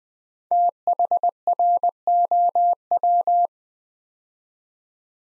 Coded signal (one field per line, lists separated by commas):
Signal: Morse code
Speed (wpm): 20 wpm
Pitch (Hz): 700 Hz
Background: none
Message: THROW